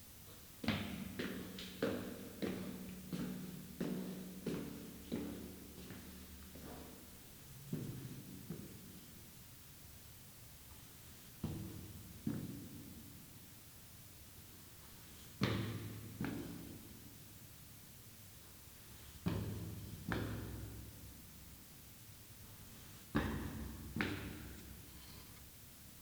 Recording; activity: daily activity, guitar pickup as the sensor; go upstairs